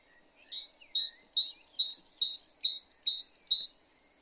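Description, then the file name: Great tit calling in a rapid run of about eight sharp, high chirping notes, with quiet background. "Parus major"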